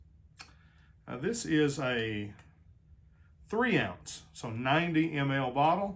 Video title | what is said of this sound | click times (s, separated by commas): Pour Lui by Oscar de la Renta unboxing and a trip down memory lane | cap firmly clicks into place | 0.4 s